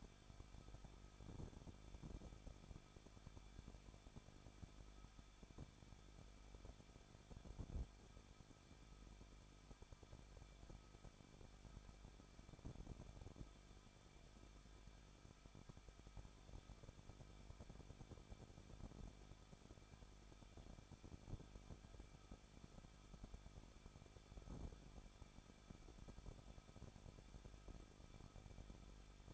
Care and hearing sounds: daily activity, microphone in the room; no activity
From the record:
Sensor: 5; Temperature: 20.8 degrees Celsius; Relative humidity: 38.3%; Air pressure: 1006.6 hPa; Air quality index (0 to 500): 185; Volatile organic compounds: 17 ppm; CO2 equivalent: 2588 ppm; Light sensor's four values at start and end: 2/3/1/1 and 2/3/1/1

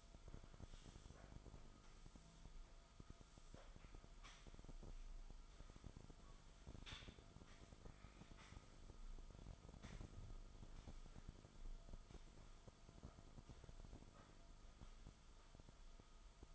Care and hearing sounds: daily activity, microphone in the room; sweep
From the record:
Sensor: 5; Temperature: 24.0 degrees Celsius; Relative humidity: 36.6%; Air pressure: 1004.8 hPa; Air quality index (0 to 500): 95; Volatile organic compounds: 2 ppm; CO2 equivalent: 1146 ppm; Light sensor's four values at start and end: 34/79/32/30 and 34/79/32/30

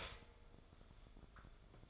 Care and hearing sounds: daily activity, microphone in the room; start toaster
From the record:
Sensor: 5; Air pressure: 1014.8 hPa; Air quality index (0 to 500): 205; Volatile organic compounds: 9 ppm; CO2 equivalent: 2182 ppm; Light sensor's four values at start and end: 14/33/13/12 and 14/33/13/12

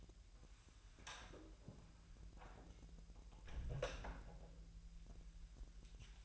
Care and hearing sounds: daily activity, microphone in the room; close door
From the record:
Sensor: 2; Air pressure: 1001.3 hPa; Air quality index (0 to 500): 244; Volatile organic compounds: 80 ppm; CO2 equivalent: 3604 ppm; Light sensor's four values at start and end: 10/24/10/10 and 10/24/10/10

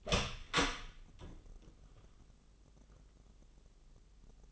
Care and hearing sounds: daily activity, microphone in the room; open door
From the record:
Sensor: 4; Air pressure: 996.9 hPa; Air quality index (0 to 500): 37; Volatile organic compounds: 1 ppm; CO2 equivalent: 619 ppm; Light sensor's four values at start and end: 19/45/18/19 and 17/40/16/17

